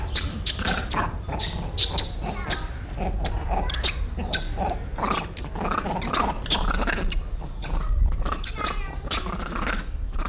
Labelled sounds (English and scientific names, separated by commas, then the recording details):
Grivet (Chlorocebus aethiops)
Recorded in captivity
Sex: group
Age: diverse
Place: Zoo Berlin, Berlin, DE
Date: 1994-04-02 10:28
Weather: wolkig bis heiter, 8-10°C
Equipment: Marantz CP 430, Sennheiser ME 80, Kopie Uher Variocord 263
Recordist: Tembrock, Günter